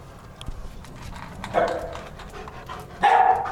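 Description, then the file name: Dog barking, two short barks about one and a half seconds apart over a noisy, clattering background. Several dogs barking while eating and drinking water. "Perros ladrando, comiendo y tomando agua"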